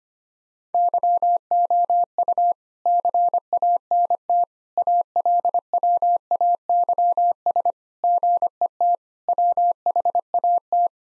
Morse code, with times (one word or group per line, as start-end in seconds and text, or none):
0.7-2.5 YOU
2.9-4.4 CANT
4.8-7.7 ALWAYS
8.0-8.9 GET
9.3-10.9 WHAT